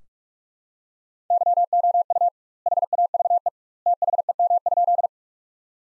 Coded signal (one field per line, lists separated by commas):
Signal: Morse code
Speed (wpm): 41 wpm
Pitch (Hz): 700 Hz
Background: none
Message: YOU HAVE THEM?